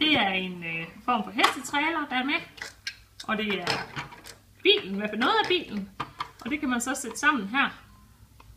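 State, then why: Not seated. Someone talks while handling plastic LEGO Duplo parts of a toy circus transporter car, a horse trailer piece and part of the car, about to press one part onto the rest of the car, with a few faint handling taps. Nothing has seated or clicked yet.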